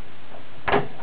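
A RAM module that was not fully in is pushed again into a motherboard DIMM slot of a Dell E510, and its plastic clip snaps home with a sharp click at 0.7 s. The module ends up seated all the way.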